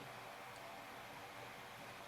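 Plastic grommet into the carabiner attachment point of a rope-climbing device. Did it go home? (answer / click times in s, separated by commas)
no / none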